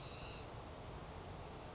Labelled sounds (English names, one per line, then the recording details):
Western Flycatcher
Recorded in Sonoma County, California